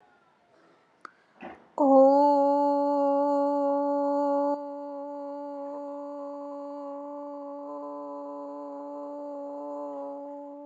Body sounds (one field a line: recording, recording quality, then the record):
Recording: sustained vowel as in boot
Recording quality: excellent, no background noise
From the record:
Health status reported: healthy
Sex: female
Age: 35 years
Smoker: no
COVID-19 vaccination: one dose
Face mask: not worn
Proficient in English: yes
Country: India